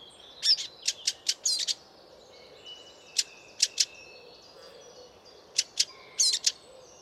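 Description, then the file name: Eurasian blackcap calls: sharp dry 'tac' clicks, a quick run of several, then scattered singles and pairs and a closing cluster. "Sylvia atricapilla"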